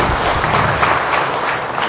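A burst of applause from a group at a Buddhist teaching, given for a young man who answered a question: a dense, steady patter of many hands clapping at once, fairly loud and continuous throughout, with no voices over it.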